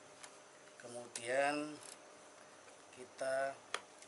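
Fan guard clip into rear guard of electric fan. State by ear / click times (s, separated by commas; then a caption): not seated / none. A plastic clip on the front guard of an electric fan is handled while it is fitted to the rear guard, and someone talks over a few light ticks of plastic. Nothing has seated or clicked yet; the clip is not yet locked in.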